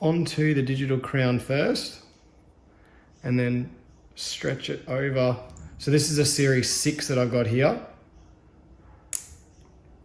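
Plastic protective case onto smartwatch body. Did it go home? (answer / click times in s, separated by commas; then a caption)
yes / 9.2 s. Someone talks while a Spigen Thin Fit thin plastic case is hooked over the digital crown of an Apple Watch Series 6 first and then stretched over the watch body. At 9.2 s a single sharp little snap is heard as the tight-fitting case seats onto the watch.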